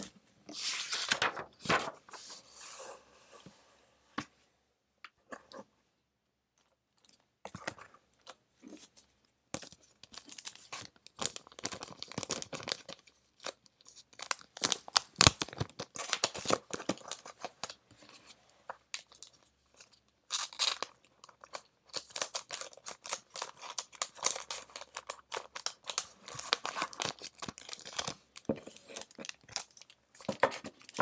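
A pencil scratches across paper in quick, irregular bursts of crisp, bright strokes and taps. The writing pauses briefly near the start and around the twenty-second mark, then resumes more densely, with occasional sharper ticks standing out.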